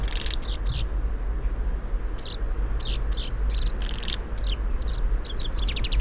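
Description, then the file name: Common chaffinch calls: scattered sharp high chirps with a short pause early on, then quicker clusters toward the end, over low steady rumble. "Fringilla coelebs"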